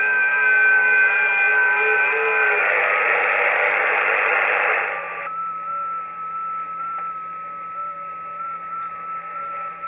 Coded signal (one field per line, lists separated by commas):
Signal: FT8